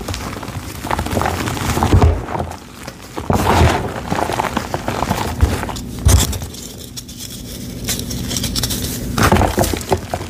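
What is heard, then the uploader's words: Gym chalk crushed and squished with baby oil, a continuous crackling and rubbing with soft thuds near 2, 3, 6 and 9 seconds. Baby Oil Gym Chalk Crushing Compilation.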